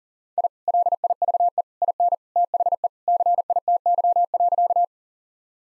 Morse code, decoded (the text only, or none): I LIVE IN THE CITY.